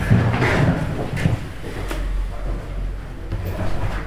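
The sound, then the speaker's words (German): A very tall door is handled, giving off muffled clunks and a scraping slide near the start, then a couple of sharper knocks over a steady low rumble, with no voices. “Die Tür ist verdammt hoch, wenn ich die Tür schon.”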